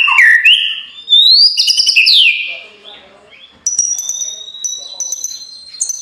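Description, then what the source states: White-rumped shama song: bright slurred whistles climbing high, then a pause and a thin, high, steady whistled run with sharp ticking notes. Training (masteran) recording: full rolling (ngerol) song in "nembak" style.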